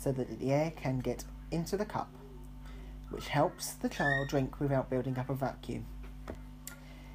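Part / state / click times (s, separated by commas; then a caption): silicone valve insert into a children's trainer cup lid / seated / 6.7 s. Someone talks over light background music while the silicone valve insert of a Munchkin Miracle 360 trainer cup is pressed back into the plastic lid during reassembly. A softer tick at 6.3 s comes just before a sharp, short click at 6.7 s as the insert seats in the lid.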